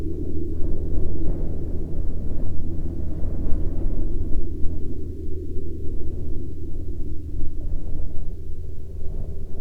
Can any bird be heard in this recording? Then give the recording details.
no. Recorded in the Arctic National Wildlife Refuge, Alaska, on 5 May 2021 at 15:13. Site 42